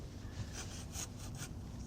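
A telescoping boat brush pole section, extended with PVC, slides out of its outer tube toward full length. The clip is made up of repeated rubbing and sliding strokes, with brighter scraping bursts around 0.6 s, 1.0 s and 1.4 s over a steady low rumble. Nothing has seated or clicked into the locked position yet.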